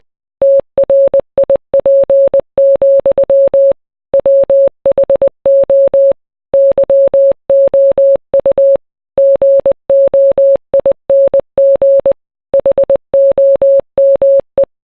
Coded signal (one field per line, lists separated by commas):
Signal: Morse code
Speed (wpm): 20 wpm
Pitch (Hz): 550 Hz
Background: none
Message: TRIP, WHO YOU GOING HOME